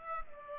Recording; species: mosquito wingbeat signal from an infrared sensor; Culex pipiens